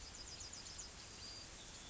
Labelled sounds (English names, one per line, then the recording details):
Yellowhammer song
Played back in grassland
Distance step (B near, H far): F
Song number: 112